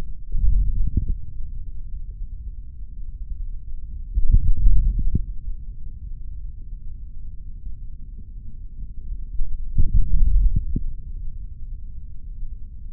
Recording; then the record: forearm muscle sounds (acoustic myography)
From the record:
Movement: hand closing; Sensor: system 3, bracelet of six PUI Audio POM-2738L microphones around the upper forearm, with dedicated amplification and filtering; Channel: 6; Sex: male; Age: 26 years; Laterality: right